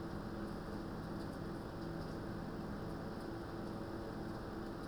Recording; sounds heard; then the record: poultry house recording; no chicken sound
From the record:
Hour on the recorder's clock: 17